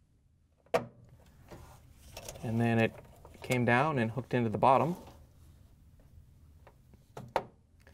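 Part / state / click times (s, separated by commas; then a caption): wiring harness plug into control board / seated / 0.8 s. The back wiring harness plug for a Whirlpool/KitchenAid/Maytag electronic control board WPW10197864 is pushed into the control board to lock it in place. One sharp click is heard at 0.8 s, and the plug seats. Someone talks afterward, and a few more small knocks follow near the end.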